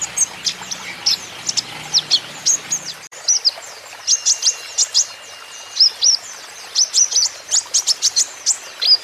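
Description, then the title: Van Hasselt's sunbird song of rapid, very high twittering notes in bursts, with a brief break partway through. Young green-plumaged (konin ijoan) caged bird in energetic (gacor) song, used as a lure and therapy so untrained young (konin) birds surely answer. "KOLIBRI NINJA KONIN IJOAN GACOR COCOK UNTUK PANCINGAN TERAPI KONIN BAHAN PASTI NYAUT"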